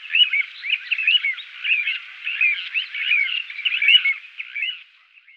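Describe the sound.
Little ringed plover calls: a busy, overlapping chatter of short, high, slurred notes, loud and uneven, with no other sounds.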